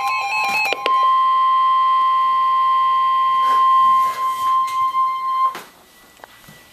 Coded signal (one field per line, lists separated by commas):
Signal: Emergency Alert System (SAME) tones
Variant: 1050 Hz attention tone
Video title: Severe T-Storm Warning (EAS #1,184)